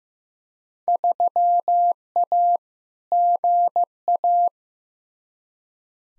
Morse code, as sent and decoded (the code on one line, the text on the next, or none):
...-- .- / --. .-
3A GA